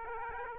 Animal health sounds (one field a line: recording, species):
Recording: mosquito wingbeat signal from an infrared sensor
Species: Aedes aegypti